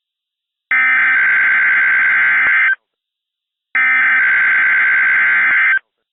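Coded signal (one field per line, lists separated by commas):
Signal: Emergency Alert System (SAME) tones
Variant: header bursts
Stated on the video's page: Fictional California earthquake EAS scenario as it would sound on radio, with valid tones.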